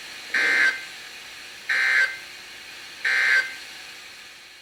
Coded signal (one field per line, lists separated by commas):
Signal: Emergency Alert System (SAME) tones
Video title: EAS #1394-#1397: New Place! | WXM71 & WXM72